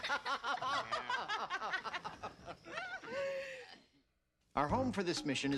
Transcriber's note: laughter